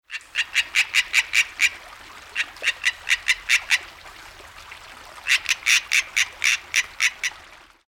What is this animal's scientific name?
Hyla arborea